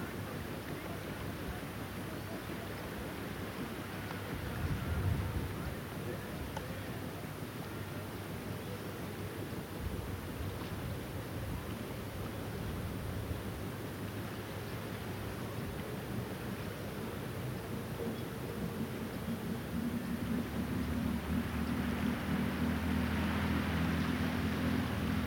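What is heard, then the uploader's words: A tractor gathering hay on a Gower headland rumbles over steady wind-like noise, its engine drone growing louder and fuller near the end. Nearby a tractor bales hay as the last rays of afternoon sun light the fields. Recorded and presented by Hannah Tribe.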